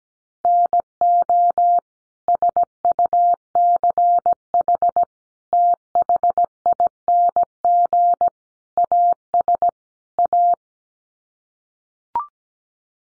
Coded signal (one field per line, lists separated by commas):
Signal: Morse code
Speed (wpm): 17 wpm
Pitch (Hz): 700 Hz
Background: none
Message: NO SUCH THING AS A